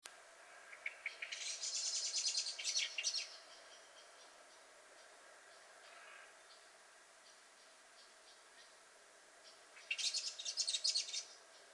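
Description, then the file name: Common blackbird giving bursts of rapid, high, scratchy chattering notes, one near the start and another near the end, with faint hiss between. "Turdus merula"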